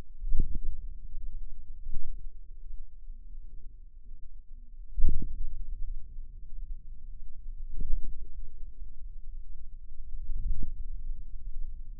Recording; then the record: forearm muscle sounds (acoustic myography)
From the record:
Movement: ulnar deviation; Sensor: system 2, bracelet of six BSWA MPA416 microphones around the upper forearm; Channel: 5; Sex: female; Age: 23 years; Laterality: right